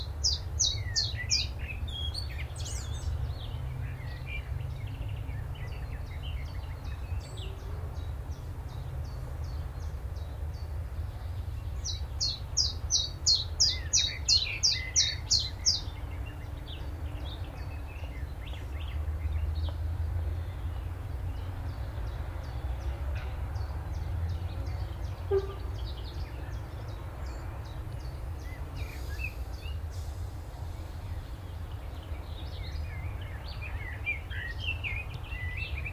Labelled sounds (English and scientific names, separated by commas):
Willow Warbler (Phylloscopus trochilus)